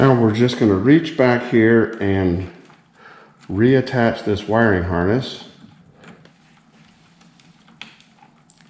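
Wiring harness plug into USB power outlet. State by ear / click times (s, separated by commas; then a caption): seated / 7.8 s. Someone talks, then the wiring harness connector of a BMW R1250 GS motorcycle is pushed back onto a newly installed dual USB outlet behind the dash. After a few quiet handling sounds, a sharp click at 7.8 s marks the connector snapping into place, fully seated.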